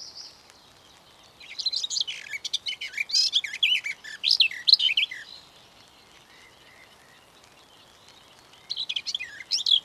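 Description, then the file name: Garden warbler song: a rich, fast warbling phrase lasting about four seconds, a quiet pause, then another burst of hurried chattering notes near the end. "Beccafico"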